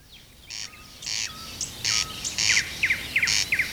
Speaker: ruisrääkkä. Entisinä aikoina ruisrääkän ääni kuului lähes kaikilta suuremmilta peltoalueilta.